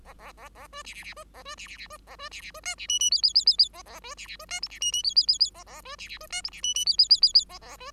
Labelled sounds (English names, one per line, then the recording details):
Bengalese Finch song
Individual Bird5